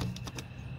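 The number 4 ignition coil on a 2004 Ford Expedition is handled as it is pushed down the plug well toward the spark plug in the engine cylinder head. Three short, sharp ticks at about 0.2, 0.3 and 0.4 seconds sit over a steady low hum. Nothing has seated or clicked yet; the coil boot is not on the spark plug.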